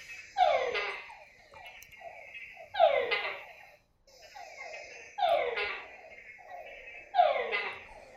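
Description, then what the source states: Tungara frog calls, each a downward-sweeping whine, repeated about every two and a half seconds, with fainter calls of other frogs between them. Frog of the Panamanian rainforest, where thousands call on any given night; the call supposedly goes 'tungara', giving the name, and sounds a bit like a video game.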